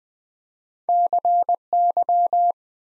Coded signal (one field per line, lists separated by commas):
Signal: Morse code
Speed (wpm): 20 wpm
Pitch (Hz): 700 Hz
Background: none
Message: CY